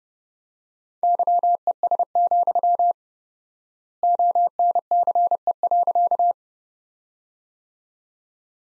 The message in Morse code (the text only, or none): YES, ONCE.